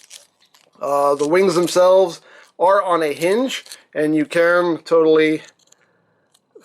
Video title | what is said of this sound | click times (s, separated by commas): The Last Knight Deluxe STEELBANE | and that locks that in place | 0.2 s